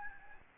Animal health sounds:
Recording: mosquito wingbeat signal from an infrared sensor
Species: Aedes albopictus

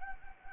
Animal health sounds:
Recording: mosquito wingbeat signal from an infrared sensor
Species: Anopheles gambiae

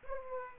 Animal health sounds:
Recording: mosquito wingbeat signal from an infrared sensor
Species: Aedes aegypti

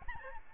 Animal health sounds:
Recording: mosquito wingbeat signal from an infrared sensor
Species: Aedes albopictus

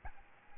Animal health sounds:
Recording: mosquito wingbeat signal from an infrared sensor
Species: Aedes albopictus

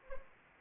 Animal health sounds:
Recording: mosquito wingbeat signal from an infrared sensor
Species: Anopheles arabiensis

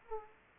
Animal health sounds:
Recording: mosquito wingbeat signal from an infrared sensor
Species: Culex pipiens

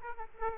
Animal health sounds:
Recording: mosquito wingbeat signal from an infrared sensor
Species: Aedes aegypti

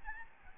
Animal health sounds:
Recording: mosquito wingbeat signal from an infrared sensor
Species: Aedes albopictus

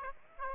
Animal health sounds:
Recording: mosquito wingbeat signal from an infrared sensor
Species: Aedes aegypti

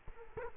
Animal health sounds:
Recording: mosquito wingbeat signal from an infrared sensor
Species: Culex quinquefasciatus

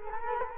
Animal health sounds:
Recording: mosquito wingbeat signal from an infrared sensor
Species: Culex quinquefasciatus

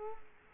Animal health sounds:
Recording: mosquito wingbeat signal from an infrared sensor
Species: Culex quinquefasciatus

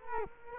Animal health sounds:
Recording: mosquito wingbeat signal from an infrared sensor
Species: Culex quinquefasciatus

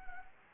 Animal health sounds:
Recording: mosquito wingbeat signal from an infrared sensor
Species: Anopheles arabiensis

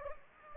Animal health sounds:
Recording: mosquito wingbeat signal from an infrared sensor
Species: Anopheles gambiae

